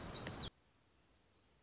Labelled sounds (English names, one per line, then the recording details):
Black-throated Gray Warbler
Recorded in Sonoma County, California